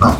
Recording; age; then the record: pig call; growing-finishing pig (85 days or more)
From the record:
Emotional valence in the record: positive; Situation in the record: run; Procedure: transit